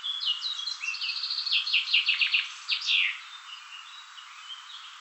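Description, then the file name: Common chaffinch song: a bright trill of repeated notes descending in steps and ending in an emphatic flourish, then quieter background bird calls. "Fringilla coelebs"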